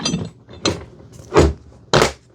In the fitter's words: Locks into place.